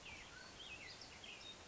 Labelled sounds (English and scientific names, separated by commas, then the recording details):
Mountain Quail (Oreortyx pictus)
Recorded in Sonoma County, California